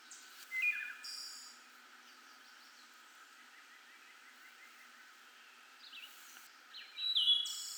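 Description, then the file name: Wood thrush song: an opening fluted phrase with a high trill, then a long quiet gap before two more ringing phrases near the end. Eleven wood thrush songs. "Wood Thrush 11 songs"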